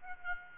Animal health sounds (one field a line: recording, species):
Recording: mosquito wingbeat signal from an infrared sensor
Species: Aedes aegypti